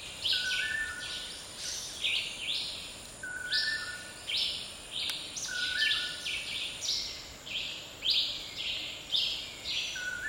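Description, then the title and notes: Rufous-and-white Wren low whistled notes several times, amid louder repeated higher bursts and a steady high tone. Male singing at midday in dry jungle at Nosara; partly cloudy, 31°C, 68% humidity, calm wind; SD 702 recorder, Sennheiser MKH 40/30 mics in MS stereo. "Dry Jungle Nosara. A rufous-and-white wren with his beautiful call, long tailed manakins with others in a dry jungle. rufous and white wren and song"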